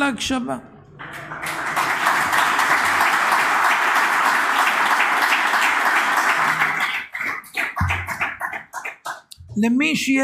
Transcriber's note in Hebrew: הקהל מוחא כפים